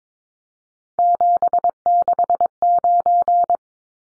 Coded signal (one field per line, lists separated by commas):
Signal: Morse code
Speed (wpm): 22 wpm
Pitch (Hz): 700 Hz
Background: none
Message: 769